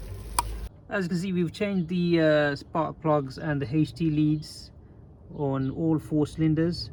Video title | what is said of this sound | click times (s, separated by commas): Mercedes 190e engine not starting fix #190e #mercedes | And then the ignition coil can go back on, and hopefully we'll hear a click on this one. | 0.4 s